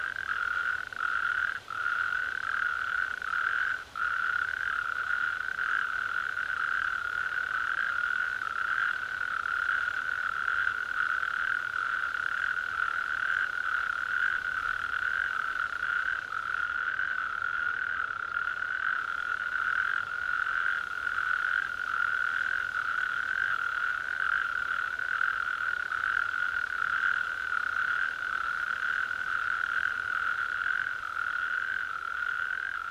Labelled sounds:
Natterjack Toad (Bufo calamita) call

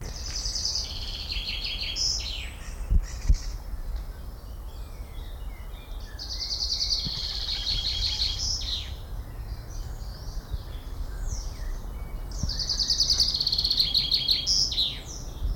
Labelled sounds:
Common Chaffinch (Fringilla coelebs)

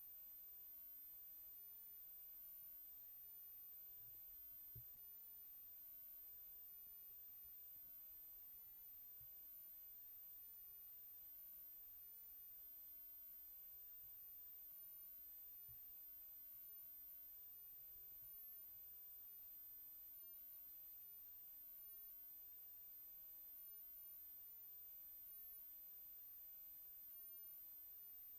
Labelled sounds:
Common Nightingale (Luscinia megarhynchos) song

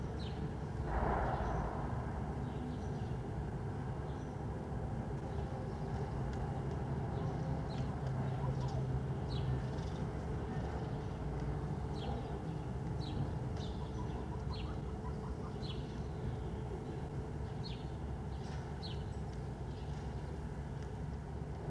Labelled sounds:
Corsac Fox (Vulpes corsac) barking

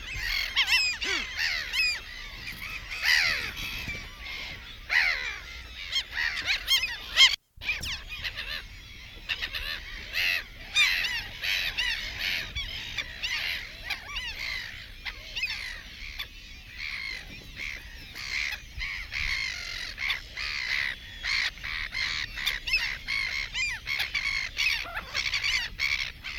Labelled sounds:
Mediterranean Gull (Ichthyaetus melanocephalus) call

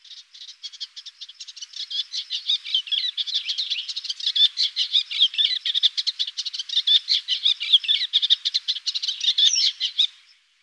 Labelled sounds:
Eastern Olivaceous Warbler (Iduna pallida) song

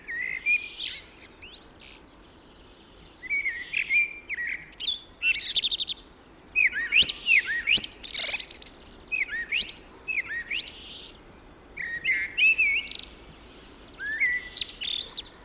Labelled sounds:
Common Blackbird (Turdus merula) song

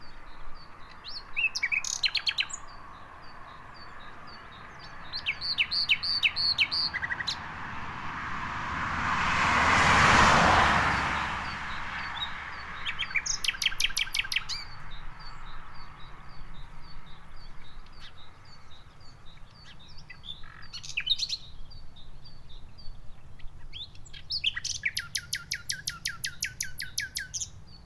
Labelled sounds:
Common Nightingale (Luscinia megarhynchos) song

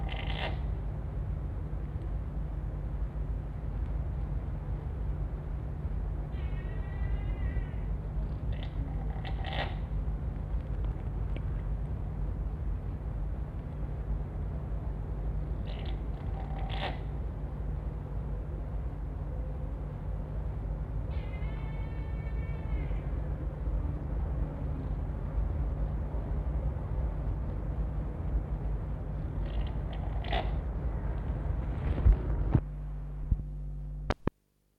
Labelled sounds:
Chamois (Rupicapra rupicapra) call

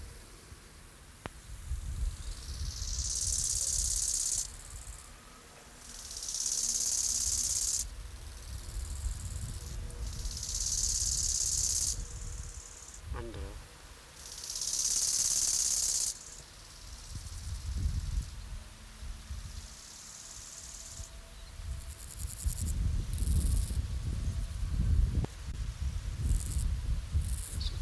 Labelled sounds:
Bow-winged Grasshopper (Chorthippus biguttulus) stridulation

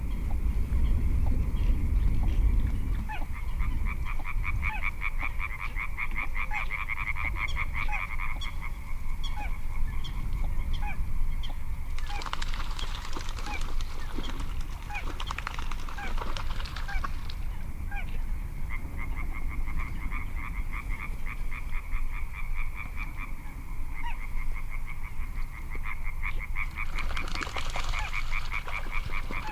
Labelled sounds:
Little Crake (Porzana parva)

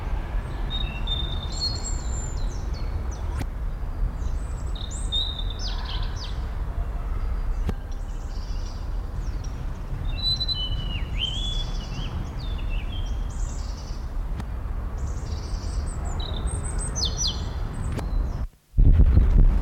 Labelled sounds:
Great Tit (Parus major) call

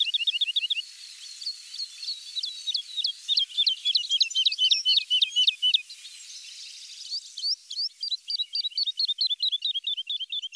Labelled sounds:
Wood Lark (Lullula arborea) song

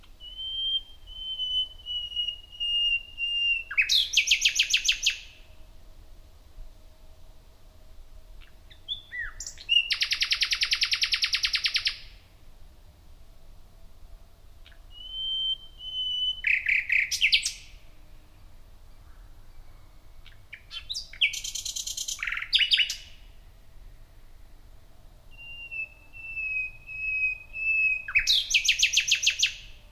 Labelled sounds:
Common Nightingale (Luscinia megarhynchos) song

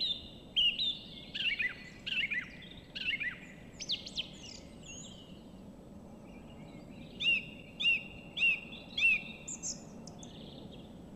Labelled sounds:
Song Thrush (Turdus philomelos) song

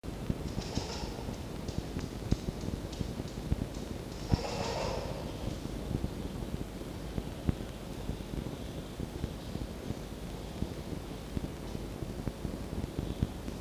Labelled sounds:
Red Fox (Vulpes vulpes)

